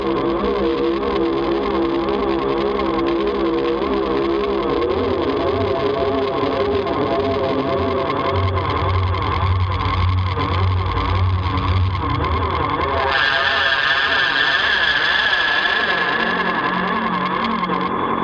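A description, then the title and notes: Analog space noise: a dense, steady synth drone full of wobbling, sweeping tones, turning brighter and hissier from about thirteen seconds on. Analog space noise.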